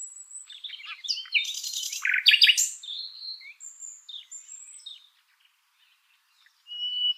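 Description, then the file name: Common nightingale song: mixed varied whistles and harsh bursts, then a pause and the loud start of a new phrase. "Luscinia megarhynchos"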